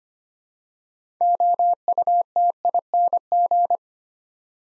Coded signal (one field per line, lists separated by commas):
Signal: Morse code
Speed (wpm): 25 wpm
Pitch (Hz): 700 Hz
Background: none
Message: OUTING